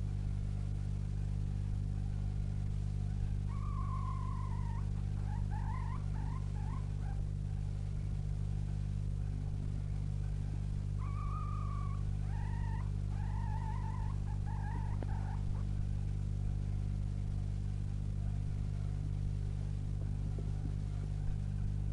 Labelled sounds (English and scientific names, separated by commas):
Red Fox (Vulpes vulpes)